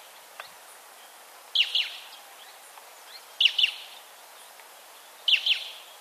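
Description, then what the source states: Beautiful jay calls: paired scratchy notes repeated roughly every two seconds, three doublets in all, with soft background noise. Recorded in Ecuador.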